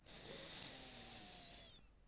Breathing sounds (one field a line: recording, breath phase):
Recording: one breath near a microphone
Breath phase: inhalation